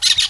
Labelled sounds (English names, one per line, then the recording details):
Brown-throated Parakeet contact call
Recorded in Venezuela
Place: Guárico; Corozopando; Fundo La Fe
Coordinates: 8.506, -67.593